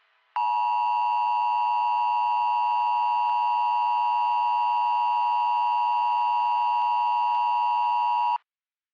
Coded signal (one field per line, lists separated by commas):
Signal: Emergency Alert System (SAME) tones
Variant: 853 and 960 Hz attention tone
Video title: EAS Scenario: Fear The Wind and Spores October Says Goodbye Part 2: FIrestorm (LAST VIDEO FOR 2024)